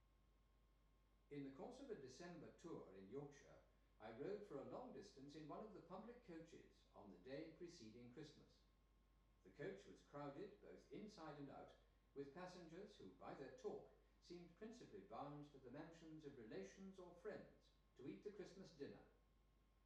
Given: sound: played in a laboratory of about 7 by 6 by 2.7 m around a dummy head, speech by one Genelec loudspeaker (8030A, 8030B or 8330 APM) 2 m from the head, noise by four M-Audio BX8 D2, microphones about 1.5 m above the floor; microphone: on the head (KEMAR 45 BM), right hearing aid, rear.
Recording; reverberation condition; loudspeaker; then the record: male speech in English; medium; 60 degrees to the left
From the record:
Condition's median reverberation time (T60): about 510 ms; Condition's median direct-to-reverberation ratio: about -0.5 dB